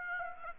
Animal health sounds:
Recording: mosquito wingbeat signal from an infrared sensor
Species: Aedes aegypti

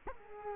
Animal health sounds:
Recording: mosquito wingbeat signal from an infrared sensor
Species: Culex quinquefasciatus

